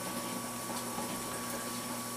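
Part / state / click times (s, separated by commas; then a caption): straight bar going into the trigger group housing / not seated / none. A straight bar is set in place and lined up in the trigger group housing, ahead of pressing the detent button and sliding the pin in. Only a steady, even hiss of handling noise with a faint low hum is heard, with no sharp transients. Nothing has seated or clicked yet.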